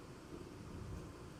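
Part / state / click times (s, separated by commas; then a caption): solar-style DC cable connector into its mating connector / not seated / none. A one-way DC solar-style cable connector for an alternator charger is handled while being joined to its mating connector, with steady low rumbling noise and no distinct sharp sounds. Nothing has seated or clicked yet.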